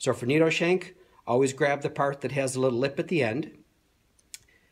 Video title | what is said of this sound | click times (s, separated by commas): Alfra RQ adapter intro | for everything else simply put the bit in give it a little twist until it clicks into place | 4.3 s